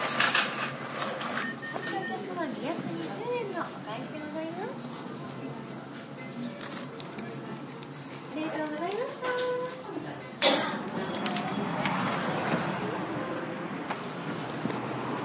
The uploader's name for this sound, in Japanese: 長岡市 ラーメン 会計